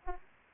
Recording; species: mosquito wingbeat signal from an infrared sensor; Aedes aegypti